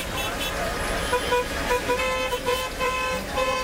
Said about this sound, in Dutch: Ja, zo ongeveer klinkt het verkeer in de Marokkaanse stad Casablanca. Tussen al dat getoeter door reden tot voor kort ook nog boerenkarren met paarden ervoor.